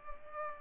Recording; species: mosquito wingbeat signal from an infrared sensor; Culex pipiens